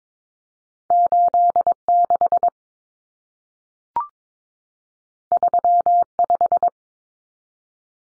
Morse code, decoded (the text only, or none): 86 35